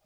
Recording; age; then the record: pig call; piglet (1 to 25 days)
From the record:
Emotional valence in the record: positive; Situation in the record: short reunion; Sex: female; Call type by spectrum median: low-frequency call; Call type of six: low-frequency tonal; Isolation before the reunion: 3 minutes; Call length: 0.06 s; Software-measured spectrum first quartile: 442 Hz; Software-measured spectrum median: 1663 Hz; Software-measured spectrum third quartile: 8565 Hz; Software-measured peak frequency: 190 Hz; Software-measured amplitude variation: 8 dB a second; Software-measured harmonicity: 2.2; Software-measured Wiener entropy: -2.00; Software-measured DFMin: 590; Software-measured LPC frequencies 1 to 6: 648, 2459, 3247, 4086, 4796, 6340 Hz